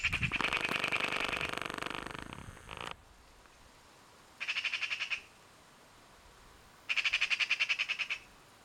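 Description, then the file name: Eurasian magpie chattering: a dense, harsh rattle for about three seconds, then two shorter bursts of rapid, evenly pulsed dry chak notes separated by quiet pauses. "Pica pica"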